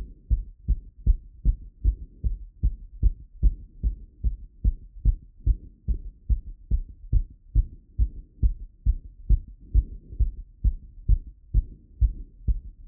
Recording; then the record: heart sounds by stethoscope after running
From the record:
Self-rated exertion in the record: vigorous exertion (4 of 6); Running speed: 10 mph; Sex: male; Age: 24 years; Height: 175 cm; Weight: 56 kg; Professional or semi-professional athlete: no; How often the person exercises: over 5 times a week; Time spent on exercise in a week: over 5 hours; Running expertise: yes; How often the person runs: over 5 times a week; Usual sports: running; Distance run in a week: 60 km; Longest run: 43 km